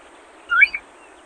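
Groove-billed ani call: a brief two-part note, a rising whistled slur then a short sharper note, over steady background hiss.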